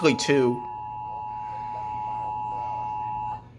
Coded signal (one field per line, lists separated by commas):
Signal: Emergency Alert System (SAME) tones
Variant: 853 and 960 Hz attention tone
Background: speech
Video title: Severe Thunderstorm Warning and Tornado Warning on NOAA Radio and TV (05/23/2020) (EAS #29-31)